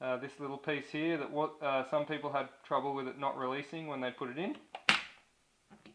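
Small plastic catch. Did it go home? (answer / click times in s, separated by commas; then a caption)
released / 4.9 s. A man talks while working the small catch that holds down the mag spring on a 3DG G17 V3 gel blaster magazine, a part some people had trouble with not releasing once put in. At 4.9 seconds it releases with a sharp click, letting the spring push gels up into the feed.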